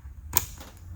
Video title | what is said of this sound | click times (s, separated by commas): JLT 3.0 Oil Separator Install 2011-17 Mustang V6 V2 3050P | fittings can rotate snap it on and you're done | 0.4 s